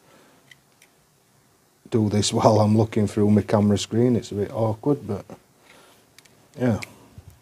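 A replacement blade is handled and flipped around for insertion into the metal blade holder of a Stanley FatMax folding utility knife, with faint handling taps near the start and around 6.2 s while someone talks. Nothing has seated or clicked into place yet by the end of the clip.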